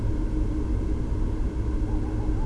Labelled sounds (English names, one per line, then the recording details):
Tawny Owl
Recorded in Germany
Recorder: ecoPi